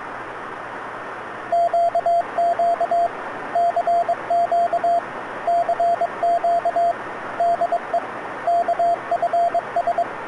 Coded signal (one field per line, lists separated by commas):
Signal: Morse code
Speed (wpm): 22 wpm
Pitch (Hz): 690 Hz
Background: radio noise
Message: QQ CQ CQ DE KFS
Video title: KFS station 12695.5 KHz